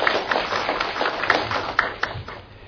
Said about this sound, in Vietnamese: Và cuối cùng chúng con xin một lần nữa cung kính giới thiệu toàn thể chư tăng ni và Phật tử hiện diện có mặt trong hội trường ngày hôm nay, xin toàn thể đạo tràng cho một tràng pháo tay để tán thán công đức này.